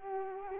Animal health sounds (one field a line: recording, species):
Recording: mosquito wingbeat signal from an infrared sensor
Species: Culex quinquefasciatus